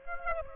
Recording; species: mosquito wingbeat signal from an infrared sensor; Aedes aegypti